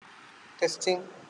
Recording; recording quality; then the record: sustained vowel as in beet; poor, much background noise or distortion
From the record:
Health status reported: healthy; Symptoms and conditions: none ticked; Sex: male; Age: 26 years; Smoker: not ticked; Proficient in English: yes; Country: India